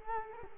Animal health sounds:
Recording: mosquito wingbeat signal from an infrared sensor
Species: Culex quinquefasciatus

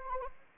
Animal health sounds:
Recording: mosquito wingbeat signal from an infrared sensor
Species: Anopheles arabiensis

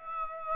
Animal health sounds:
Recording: mosquito wingbeat signal from an infrared sensor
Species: Aedes aegypti

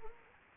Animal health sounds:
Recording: mosquito wingbeat signal from an infrared sensor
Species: Anopheles gambiae

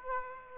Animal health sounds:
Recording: mosquito wingbeat signal from an infrared sensor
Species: Aedes aegypti

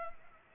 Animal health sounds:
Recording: mosquito wingbeat signal from an infrared sensor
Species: Culex pipiens

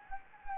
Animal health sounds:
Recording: mosquito wingbeat signal from an infrared sensor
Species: Anopheles gambiae

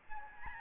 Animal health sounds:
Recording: mosquito wingbeat signal from an infrared sensor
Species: Aedes albopictus

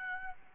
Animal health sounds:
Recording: mosquito wingbeat signal from an infrared sensor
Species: Aedes albopictus

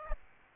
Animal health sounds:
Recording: mosquito wingbeat signal from an infrared sensor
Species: Aedes albopictus

